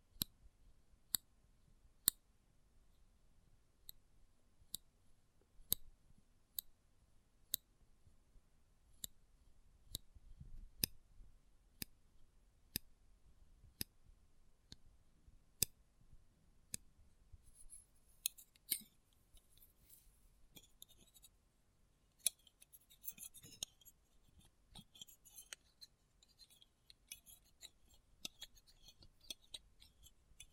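Sharp metallic clicks and ticks sound close up, coming at a fairly regular pace for the first half and then more sparsely. From about 18 to 22 seconds, and again later, a bright scraping rattle joins in. A low, faint rumble runs underneath throughout.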